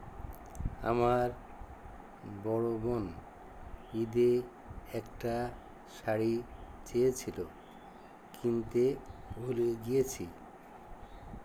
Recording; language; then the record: elicited speech; Bengali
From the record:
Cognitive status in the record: dementia